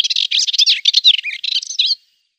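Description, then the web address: Melodious warbler song: a rapid, chattering warble of varied twittering notes lasting about two seconds, then silence. "Schulze Peter Melodious Warbler song"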